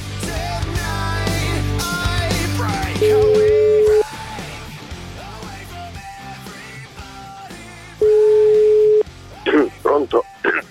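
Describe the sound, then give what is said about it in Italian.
A phone call goes out: two steady, loud one-second ringing tones sound about five seconds apart, with voices and background sound before and between them and a few brief sharp vocal sounds at the end. “adesso lo chiamo, adesso lo chiamo, basta.”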